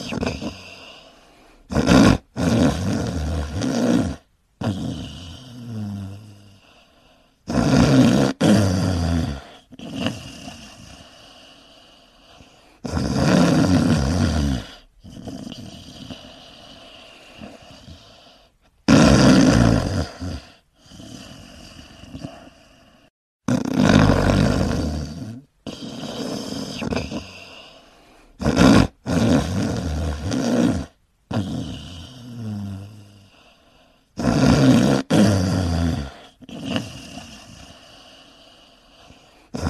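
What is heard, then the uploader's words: A man snores loudly, each breath a deep, rough, rattling rasp. The loud snores come in a steady rhythm about every five to six seconds, with softer, breathy wheezing between them and near silence in the gaps. A MAN SNORING.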